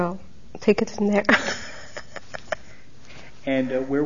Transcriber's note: she laughs